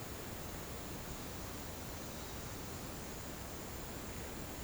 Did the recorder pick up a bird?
no